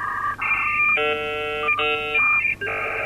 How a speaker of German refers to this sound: Wir hören gerade das Geräusch des Telefonmodems, das die Verbindung herstellt von unserem PC, der sich direkt in unserer Anlage vor Ort an der Mosel einwählt. Rund 100 Kilometer Luftlinie entfernt in der Forschungsstelle Rutschungen in Mainz.